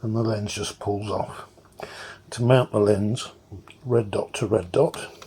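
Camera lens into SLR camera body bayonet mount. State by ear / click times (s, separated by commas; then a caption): not seated / none. A lens is lined up red dot to red dot on the bayonet mount of a Canon T70 SLR film camera body (1984–1987, loaded with Fujifilm C200) while someone talks. Faint handling ticks around 1.7–1.8 s break through the speech as the lens is handled. The clip ends before the lens is turned clockwise to lock, so nothing has seated or clicked yet.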